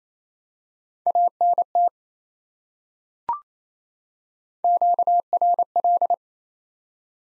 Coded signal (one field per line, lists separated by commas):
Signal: Morse code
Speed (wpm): 28 wpm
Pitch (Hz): 700 Hz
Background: none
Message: ANT QRL